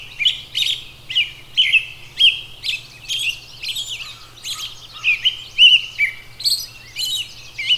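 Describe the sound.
Robin song of bright, high chirping phrases strung together almost without break, slight changes in pitch between bursts, with a low background hum.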